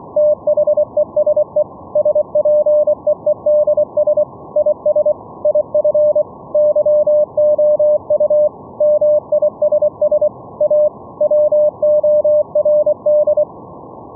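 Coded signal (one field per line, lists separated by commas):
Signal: Morse code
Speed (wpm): 25 wpm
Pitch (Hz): 600 Hz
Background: none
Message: THESE SPEEDS IS IF YOU MISS A WORD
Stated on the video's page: Live demo of a VLF CW net: operators send CW from keying software at 1–20 kHz to a Raspberry Pi server that relays it via pickup coils.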